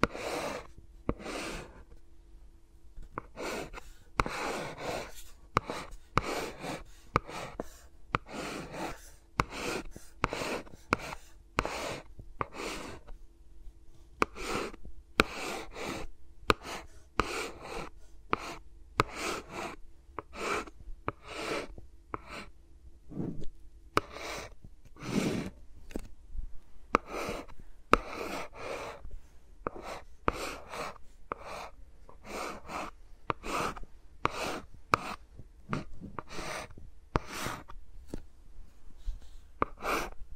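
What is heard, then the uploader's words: Fingers rub and tap against microphones in a dense, irregular stream of crisp clicks, scratches and soft brushing, with no talking. The sharp, bright taps come every second or so throughout, and a faint steady hum sits underneath for the first two-thirds. ASMR with Mics Around My Fingers (No Talking).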